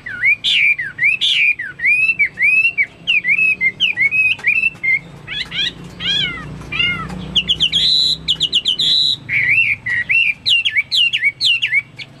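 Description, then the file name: Chinese hwamei song, loud varied whistled phrases, slurred notes repeated in short series, some rising and falling, with a rapid high trill near the eighth second. "omkicau hwamei"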